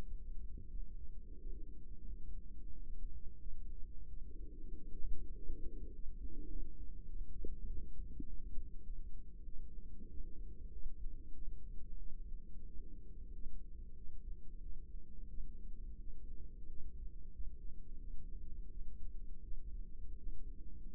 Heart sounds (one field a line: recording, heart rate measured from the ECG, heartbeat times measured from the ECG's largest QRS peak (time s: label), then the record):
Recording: heart sounds by microphone in the right ear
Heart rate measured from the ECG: 92 bpm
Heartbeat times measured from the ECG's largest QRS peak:
0.03 s: heartbeat
0.67 s: heartbeat
1.37 s: heartbeat
2.04 s: heartbeat
2.69 s: heartbeat
3.38 s: heartbeat
4.06 s: heartbeat
4.72 s: heartbeat
5.33 s: heartbeat
5.91 s: heartbeat
6.47 s: heartbeat
7.06 s: heartbeat
7.65 s: heartbeat
8.25 s: heartbeat
8.83 s: heartbeat
9.44 s: heartbeat
10.08 s: heartbeat
10.70 s: heartbeat
11.32 s: heartbeat
11.97 s: heartbeat
12.65 s: heartbeat
13.31 s: heartbeat
13.95 s: heartbeat
14.61 s: heartbeat
15.28 s: heartbeat
15.98 s: heartbeat
16.67 s: heartbeat
17.31 s: heartbeat
17.98 s: heartbeat
18.69 s: heartbeat
19.41 s: heartbeat
20.16 s: heartbeat
20.89 s: heartbeat
From the record:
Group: healthy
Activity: rest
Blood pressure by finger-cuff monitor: 116/62 mmHg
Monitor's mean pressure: 84 mmHg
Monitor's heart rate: 92 bpm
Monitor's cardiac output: 8.7 L/min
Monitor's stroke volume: 93 mL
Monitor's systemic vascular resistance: 700 dyn s/cm5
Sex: female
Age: 24 years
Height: 163 cm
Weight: 55.7 kg